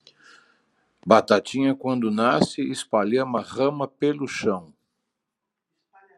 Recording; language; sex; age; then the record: short text; Brazilian Portuguese; male; 50 to 59 years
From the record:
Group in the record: control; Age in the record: 58 years